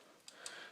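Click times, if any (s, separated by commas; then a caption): 0.3 s, 0.5 s. On a Bravo RDW airsoft AEG rifle, a folding part is pushed a little until it snaps into place in the rifle body. Two short, sharp clicks ring out at 0.3 s and 0.5 s over a low background hiss, confirming the part is seated.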